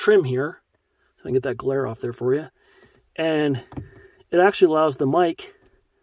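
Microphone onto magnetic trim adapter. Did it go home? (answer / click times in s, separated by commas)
no / none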